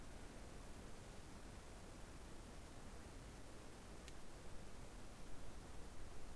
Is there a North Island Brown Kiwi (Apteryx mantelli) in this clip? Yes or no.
no